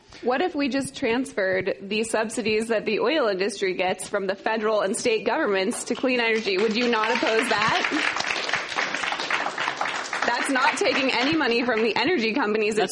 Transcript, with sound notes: What if we just transferred these subsidies that the oil industry gets from the Federal and State governments to clean energy, would you not oppose that?
[Applause]
That’s not taking any money from the energy companies,